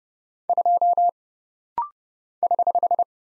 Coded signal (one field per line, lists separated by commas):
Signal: Morse code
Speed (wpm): 29 wpm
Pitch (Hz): 700 Hz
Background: none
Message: 2 <HH>